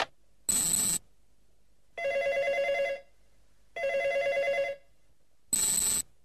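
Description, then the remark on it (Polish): A telephone rings in Dragon Ball Z in four separate bursts: two longer, warbling mid-pitched electronic rings framed by two shorter, brighter chime-like blasts, loud and steady, with no voices. “Odbierz, gdy zadzwoni telefon.”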